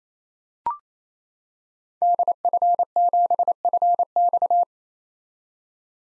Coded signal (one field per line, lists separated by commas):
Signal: Morse code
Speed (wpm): 27 wpm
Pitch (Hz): 700 Hz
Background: none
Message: DF7FX